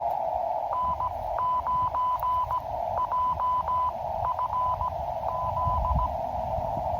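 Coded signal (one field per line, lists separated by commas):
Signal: Morse code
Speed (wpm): 17 wpm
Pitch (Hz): 1000 Hz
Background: radio noise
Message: N9JFZ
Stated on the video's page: Parks on the Air Morse contact made from a wildlife management area park.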